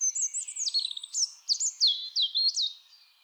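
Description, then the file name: European robin song: one continuous, fast-changing run of high sweet whistles, short trills and upswept notes, fading out at the close. "Erithacus rubecula"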